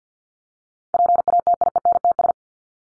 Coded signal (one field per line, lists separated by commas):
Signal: Morse code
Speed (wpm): 50 wpm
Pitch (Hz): 700 Hz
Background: none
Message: PATIENTS